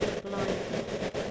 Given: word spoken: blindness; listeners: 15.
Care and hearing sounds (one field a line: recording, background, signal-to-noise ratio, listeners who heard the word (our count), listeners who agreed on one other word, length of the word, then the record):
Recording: one English word in noise, from a listening test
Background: noise modulated by three-talker babble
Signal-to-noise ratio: -6.8 dB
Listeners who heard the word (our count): 0 of 15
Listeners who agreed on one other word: 12 of 15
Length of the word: 0.91 s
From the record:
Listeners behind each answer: 12, 1, 1, 1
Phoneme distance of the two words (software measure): 21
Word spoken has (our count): 2 syllables, 8 phonemes, stress on syllable 1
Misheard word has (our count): 1 syllable, 5 phonemes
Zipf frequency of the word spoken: 3.17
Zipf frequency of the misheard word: 4.42